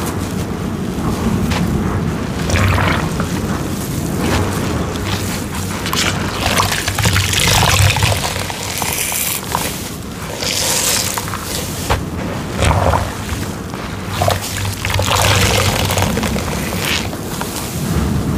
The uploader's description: Slow sponge squeezing sounds with rain noises in the background